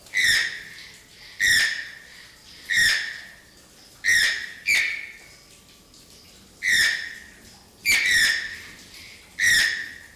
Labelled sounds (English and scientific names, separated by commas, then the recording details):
Channel-billed Toucan (Ramphastos vitellinus) call
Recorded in captivity
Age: adult
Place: Tierpark Carl Hagenbeck, Hamburg, DE
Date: 1998-10-31 13:30
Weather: 8°C, bedeckt z.T. Regen, Wind
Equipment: Sony MD-WM MZ-R3, Sennheiser MKH 416 T, Kopie Uher 4000 Report Monitor
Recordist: Tembrock, Günter